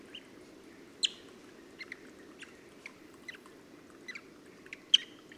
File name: Odorrana Narina Is Calling